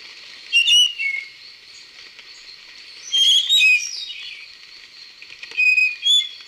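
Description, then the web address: Spotted nightingale-thrush song: three short fluty whistled phrases, each a quick pair of clear notes, spaced about two to three seconds apart. Ecuador. "S America Birds of Ecuador. Spotted Nightingale-Thrush"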